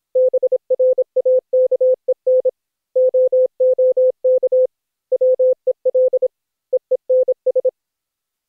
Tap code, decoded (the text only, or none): none